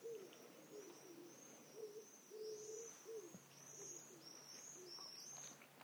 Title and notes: A tawny owl is calling from behind the church